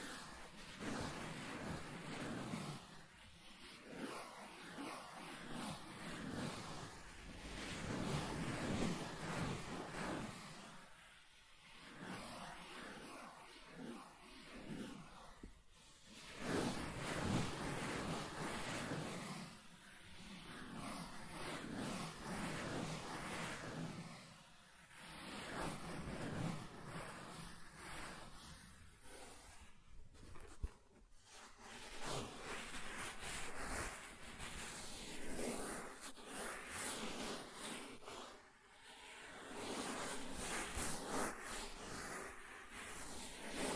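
Soft tracing across smooth and rough surfaces makes a steady, hissing rub that swells and fades like wind or surf. Strokes run several seconds each, broken by short pauses near 11, 16, 24, 30 and 38 seconds, with occasional faint scratchy grain.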